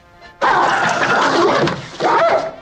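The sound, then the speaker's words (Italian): A dog attacks and bites in a sudden, loud burst of harsh snarling and scuffling noise, pauses briefly, then erupts again with a higher, yelping edge before cutting off, in an Inspector Clouseau film scene. “Aveva detto che il suo cane non mordeva. Quello non è mica il mio cane.”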